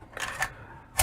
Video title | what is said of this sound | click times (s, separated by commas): CZ 82 MAGIZINE ISSUE AND FIX | go in but it won't it won't lock in and | none